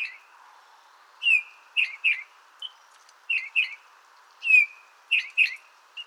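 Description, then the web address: Eurasian bullfinch calls: clear, piping downslurred whistles, often doubled in rapid pairs, against a quiet background. "SETE Pyrrhula pyrrhula"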